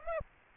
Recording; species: mosquito wingbeat signal from an infrared sensor; Aedes aegypti